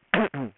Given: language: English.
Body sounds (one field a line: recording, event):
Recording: throat vibration sensor signal played as sound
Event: throat clearing